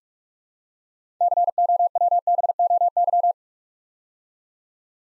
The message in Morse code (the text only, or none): COWBOY